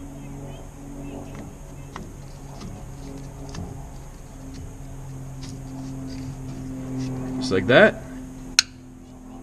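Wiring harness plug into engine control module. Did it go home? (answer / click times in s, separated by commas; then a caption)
yes / 8.6 s. A multi-pin plastic wiring harness plug is lined up on an engine control module, pushed on, and its locking handle is pushed down while someone talks over a steady low hum. A sharp click at 8.6 s marks the lever locking home, and the plug is seated.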